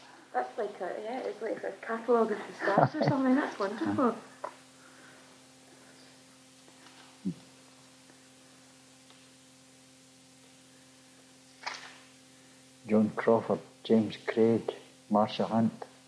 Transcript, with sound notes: Aw that's like, it is like a catalogue of stars or something!
Aye! [laughs]
That's wonderful.
Joan Crawford, James Craig, Marsha Hunt,